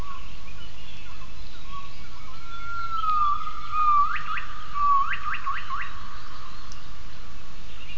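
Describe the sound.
Gibbon whistled call: a long, steady, slightly wavering tone, then a quick series of short rising notes, heard over a constant low rumbling background noise.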